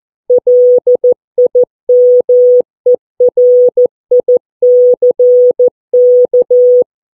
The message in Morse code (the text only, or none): LIMERICK